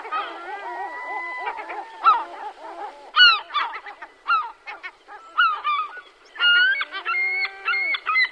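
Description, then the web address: European herring gull calls, several overlapping harsh yelping and mewing notes from multiple birds, some long drawn wailing tones among them, fairly continuous chattering chorus. "Cursus Vogelzang Zilvermeeuw"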